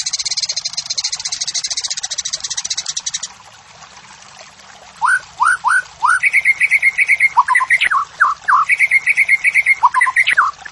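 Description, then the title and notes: White-rumped shama song: a dense buzzy chatter for three seconds, a pause, then rising slurred whistles, steady repeated notes and high thin sparkling tones. Morning song of the white-rumped shama, described as vigorous, used as a lure and tutoring recording for training caged songbirds and building their fighting spirit. "Masteran Murai. Pancingan Murai Batu Pagi Hari Melatih Mental Fighter. Murai Batu Gacor"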